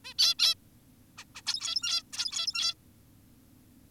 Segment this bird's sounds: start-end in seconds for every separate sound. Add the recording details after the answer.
0.05-0.14, 0.19-0.35, 0.39-0.55, 1.18-1.25, 1.35-1.42, 1.47-2.03, 2.13-2.74. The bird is an adult. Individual g17y2U